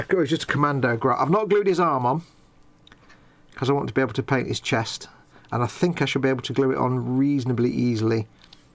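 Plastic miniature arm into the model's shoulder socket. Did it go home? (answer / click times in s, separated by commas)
no / none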